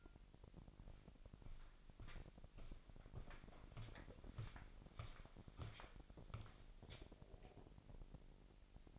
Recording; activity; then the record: daily activity, microphone in the room; walk to room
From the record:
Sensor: 5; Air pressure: 1002.1 hPa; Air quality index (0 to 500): 250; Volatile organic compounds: 8 ppm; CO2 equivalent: 2058 ppm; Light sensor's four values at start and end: 28/66/27/28 and 30/67/28/31